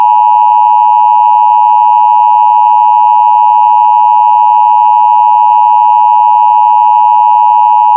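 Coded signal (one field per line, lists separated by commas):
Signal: Emergency Alert System (SAME) tones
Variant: 853 and 960 Hz attention tone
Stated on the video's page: Fictional EAS scenario.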